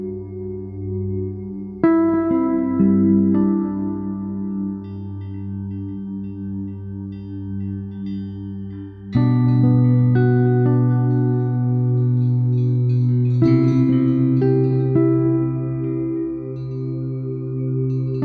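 Wind chimes ring with long, sustained metallic tones over a steady low hum. Fresh clusters of strikes land near 2, 9 and 13.5 seconds, each adding bright chiming overtones that slowly fade while the deeper notes keep sounding underneath.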